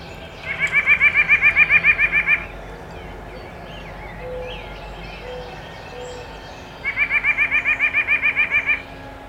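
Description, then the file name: White-breasted nuthatch song: a fast, even series of many nasal notes, given twice with a pause between, over steady background hiss. Songs, recorded 12 May 2018. "2018-05-12 WBNU 3 Songs"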